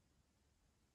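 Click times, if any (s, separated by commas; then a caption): none. A small plastic drive shaft part is lined up with its socket on a Schumacher Cougar Classic model RC car, gripped firmly and wiggled. Only a faint, steady low hiss is heard, with no distinct sounds. Nothing has seated or clicked yet.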